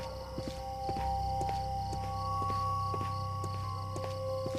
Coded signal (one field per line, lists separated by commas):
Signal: ZX Spectrum tape loading